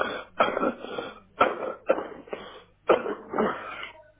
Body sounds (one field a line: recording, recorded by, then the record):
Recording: voluntary cough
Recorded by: telephone call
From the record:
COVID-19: positive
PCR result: checked with the laboratory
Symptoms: yes